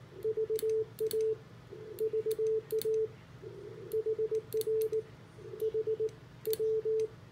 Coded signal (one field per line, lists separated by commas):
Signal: Morse code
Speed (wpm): 18 wpm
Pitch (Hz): 440 Hz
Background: none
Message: VA VA HR HW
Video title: 30 meter POTA QSO with KD8IE in K-9445